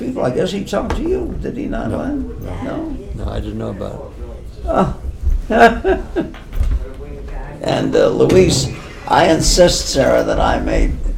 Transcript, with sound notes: I guess he talked to you, did he not, Len? No?
No, I didn’t know about it.
Ah. [laughs] And Louise, I insist, Sarah, that I made